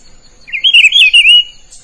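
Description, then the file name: Rufous-browed peppershrike delivering one melodious phrase of slurred whistles, swinging up and down for about a second, with a soft steady high tone in the background. "canto do pitiguari"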